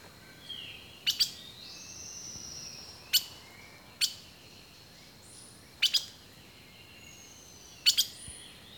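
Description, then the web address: Birds giving sharp high chips, some doubled, between long thin whistles. Rainforest birdsong. "The Natural Sounds of the Wilderness Echoes of Nature - Rainforest Birdsong"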